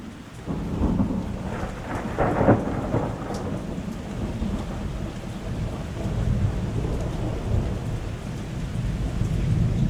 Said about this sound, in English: It rained all night. It didn't stop raining until about 6 in the morning. Cold mountain rain.